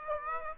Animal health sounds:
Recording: mosquito wingbeat signal from an infrared sensor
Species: Aedes aegypti

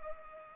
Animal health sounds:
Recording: mosquito wingbeat signal from an infrared sensor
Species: Culex pipiens

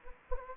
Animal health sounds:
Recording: mosquito wingbeat signal from an infrared sensor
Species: Anopheles gambiae

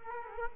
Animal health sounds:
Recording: mosquito wingbeat signal from an infrared sensor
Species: Culex quinquefasciatus

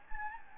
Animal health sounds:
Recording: mosquito wingbeat signal from an infrared sensor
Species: Anopheles gambiae

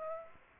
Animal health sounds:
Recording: mosquito wingbeat signal from an infrared sensor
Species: Aedes aegypti

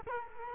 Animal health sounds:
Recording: mosquito wingbeat signal from an infrared sensor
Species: Culex quinquefasciatus

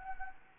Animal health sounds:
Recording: mosquito wingbeat signal from an infrared sensor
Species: Anopheles gambiae

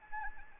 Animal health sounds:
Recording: mosquito wingbeat signal from an infrared sensor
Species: Anopheles arabiensis

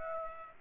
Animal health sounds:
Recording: mosquito wingbeat signal from an infrared sensor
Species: Aedes aegypti

